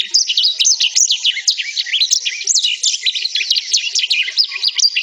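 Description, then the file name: Black-throated canary singing a fast, jumbled warble of sharp rising and falling chirps, delivered without a break throughout. "suara burung blackthroat"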